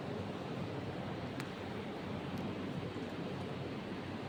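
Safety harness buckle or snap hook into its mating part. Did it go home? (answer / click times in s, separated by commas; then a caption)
yes / 1.4 s. A safety harness buckle or snap hook on a full-body safety harness is fastened into its mating part. A single sharp click sounds at 1.4 s over steady broadband noise, and the buckle locks.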